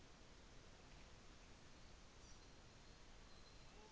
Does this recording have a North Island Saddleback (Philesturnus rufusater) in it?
no